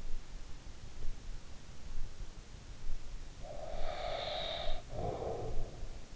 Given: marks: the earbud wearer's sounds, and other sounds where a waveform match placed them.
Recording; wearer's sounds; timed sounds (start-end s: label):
sounds in sleep by an in-ear microphone; breath
3.12-6.16 s: breath